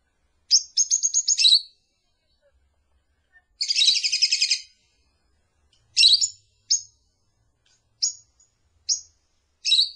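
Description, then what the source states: Lovebird giving shrill, high chirps, with a short rattling burst near the start, a longer buzzy trill after, then scattered sharp single chirps in otherwise quiet surroundings. Lure call used to attract lovebirds.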